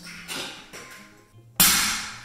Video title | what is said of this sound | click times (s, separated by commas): HOW to install VERTICAL BLINDS (for sliding door) | then you can hear the click. | 1.6 s